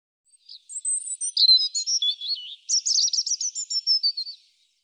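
European robin singing one long, varied phrase of high thin whistles and fluttering trills, ending in a quick twitter; quiet background.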